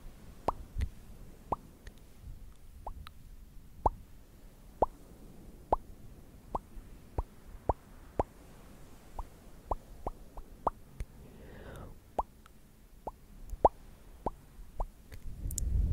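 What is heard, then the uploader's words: Crisp tongue clicks pop at a steady pace every half second or so over a quiet hiss, with a soft breathy swirl near eleven seconds. ASMR clicky mouth sounds, tktk, sksk, tongue clicking and more.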